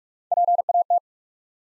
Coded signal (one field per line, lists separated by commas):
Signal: Morse code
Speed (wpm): 46 wpm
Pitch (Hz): 700 Hz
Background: none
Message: PAT